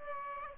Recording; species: mosquito wingbeat signal from an infrared sensor; Aedes aegypti